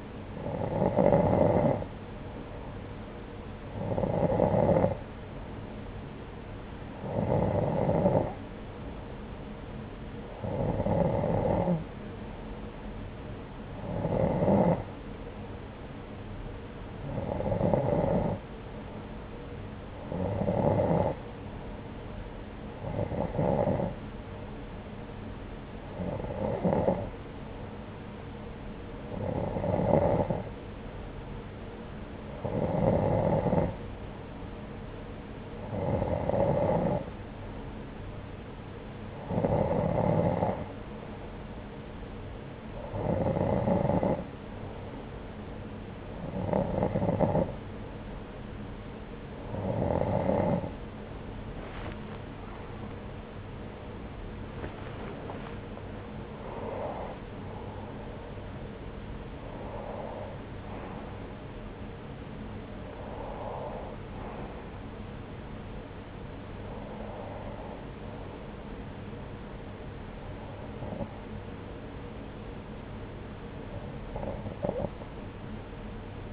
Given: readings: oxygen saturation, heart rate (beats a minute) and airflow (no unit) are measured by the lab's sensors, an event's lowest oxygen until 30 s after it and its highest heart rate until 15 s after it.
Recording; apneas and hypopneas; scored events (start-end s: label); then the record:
breathing in sleep by a voice recorder at the bedside; 1
41.00-53.70 s: hypopnea (N2, oxygen 91% highest, then 90% lowest)
43.00-76.33 s: new sleep stage, N1 (lightest sleep)
From the record:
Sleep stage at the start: N2 (light sleep); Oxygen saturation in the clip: 90 to 93%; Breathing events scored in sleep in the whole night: 303 in 8.1 hours asleep